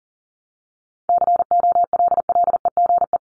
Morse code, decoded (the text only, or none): COLLEGE